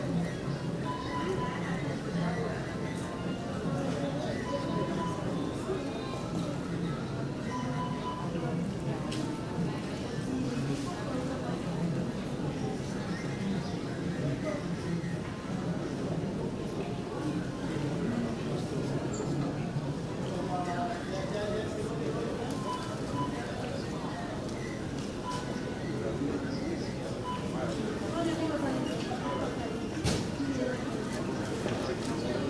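Airport terminal ambience with a steady, dense murmur of overlapping voices, occasional clinks and knocks, and a sharp bang near thirty seconds.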